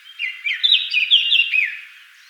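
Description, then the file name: Eurasian blackcap song: a short, rich burst of mellow whistled notes, tumbling rapidly, then fading away. "Sylvia atricapilla"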